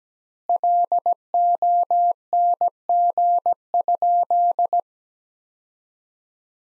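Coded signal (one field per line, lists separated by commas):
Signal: Morse code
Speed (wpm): 17 wpm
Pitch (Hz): 700 Hz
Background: none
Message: LONG?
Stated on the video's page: Morse practice sentences from the top 200 words at 17 wpm with twice standard word spacing, a Farnsworth-like method.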